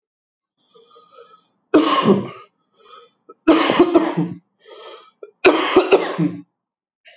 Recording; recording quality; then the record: heavy voluntary cough; excellent, no background noise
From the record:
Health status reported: healthy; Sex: male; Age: 29 years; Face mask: not worn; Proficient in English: yes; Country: India